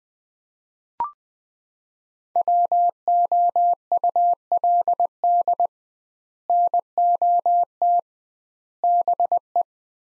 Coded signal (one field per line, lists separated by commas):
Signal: Morse code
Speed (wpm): 20 wpm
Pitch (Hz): 700 Hz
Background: none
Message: WOULD NOT BE